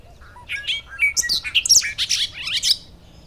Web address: blackbirds orioles Bobolink - Dolichonyx oryzivorus